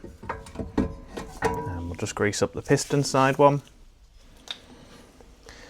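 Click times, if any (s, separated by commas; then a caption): 4.5 s. Someone talks while the greased piston-side inner brake pad of a front brake caliper on an Audi A6 C6 4F 3.0 TDI is handled. After a quiet pause, the pad's spring clip gives one sharp click at 4.5 s as it seats into the caliper piston, followed by a few faint ticks.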